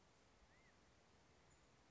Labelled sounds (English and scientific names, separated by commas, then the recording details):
California Quail (Callipepla californica)
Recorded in Sonoma County, California